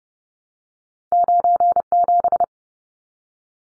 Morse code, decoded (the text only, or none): 97